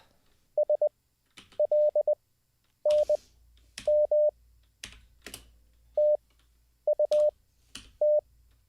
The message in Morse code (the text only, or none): SLNM TUT